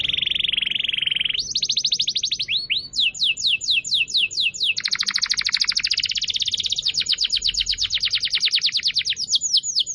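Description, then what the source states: Canary in full song: a buzzy roll, then successive trills of rapid repeated high notes, some sweeping down, others buzzing, changing tour every second or two. Song used as a lure to attract birds.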